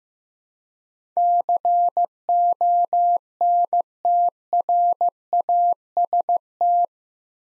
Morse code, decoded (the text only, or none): CONTRAST